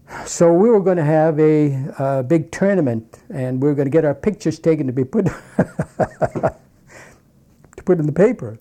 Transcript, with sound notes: So we were going to have a big tournament, and we were going to get our pictures taken to be put, (he laughs) to put in the paper.